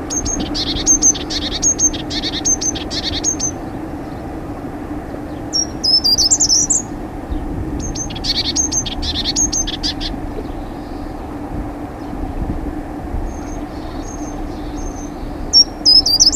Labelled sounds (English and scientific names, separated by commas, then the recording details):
Short-toed Treecreeper (Certhia brachydactyla) song
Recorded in the wild
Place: El Chorro, ES
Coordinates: 36.9175, -4.68222
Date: 1971-04-01
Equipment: Uher Report 4200, AKG D190C in Doppel-Parabolreflektor
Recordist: Krey, Winfried